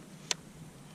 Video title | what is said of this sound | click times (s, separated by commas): How to photograph the flowers you love! | go ahead and attach your lens make sure you hear the click | 0.3 s